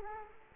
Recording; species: mosquito wingbeat signal from an infrared sensor; Culex quinquefasciatus